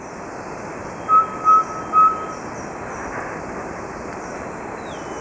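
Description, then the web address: Subtropical pygmy-owl whistling three brief, flat-pitched toots in quick succession, with steady background hiss throughout. Recorded in Ecuador. "Birds of Ecuador. Subtropical Pygmy-Owl"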